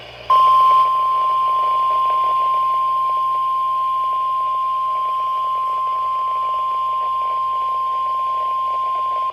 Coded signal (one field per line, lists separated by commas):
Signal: Emergency Alert System (SAME) tones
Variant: 1050 Hz attention tone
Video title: 7/3/24 - KEC92 Evening Required Weekly Test (EAS #1103)